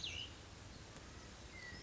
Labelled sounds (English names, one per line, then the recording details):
Cassin's Vireo
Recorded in Sonoma County, California